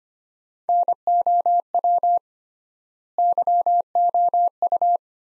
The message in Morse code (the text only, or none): NOW YOU